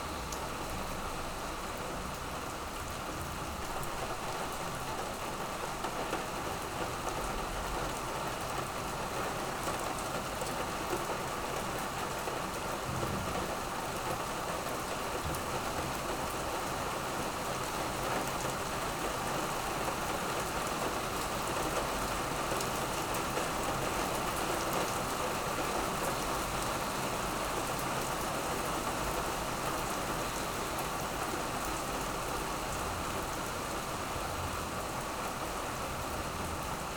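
Steady rain falls throughout, a dense, even hiss of countless drops with no pauses or build-ups. The sound is full, spread from low rumble to bright patter, with a faint low hum of traffic underneath.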